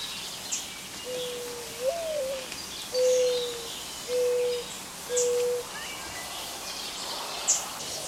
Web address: 101 Bird Songs. Mourning Dove